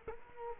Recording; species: mosquito wingbeat signal from an infrared sensor; Culex quinquefasciatus